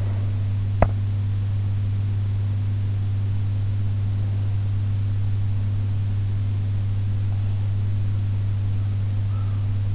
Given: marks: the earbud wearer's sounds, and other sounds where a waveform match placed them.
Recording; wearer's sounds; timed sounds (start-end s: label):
sounds in sleep by an in-ear microphone; teeth grinding
0.00-0.99 s: teeth grinding